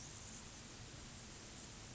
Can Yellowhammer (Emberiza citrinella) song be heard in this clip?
no